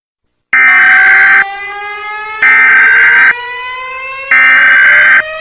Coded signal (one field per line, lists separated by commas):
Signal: Emergency Alert System (SAME) tones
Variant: header bursts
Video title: Equatorial guinea EAS alarm (1982,ALT)